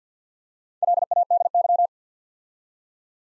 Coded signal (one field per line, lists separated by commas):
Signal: Morse code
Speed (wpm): 50 wpm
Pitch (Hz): 700 Hz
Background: none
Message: LADY